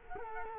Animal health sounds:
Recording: mosquito wingbeat signal from an infrared sensor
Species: Culex quinquefasciatus

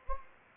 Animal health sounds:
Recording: mosquito wingbeat signal from an infrared sensor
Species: Anopheles gambiae

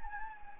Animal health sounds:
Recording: mosquito wingbeat signal from an infrared sensor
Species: Anopheles gambiae

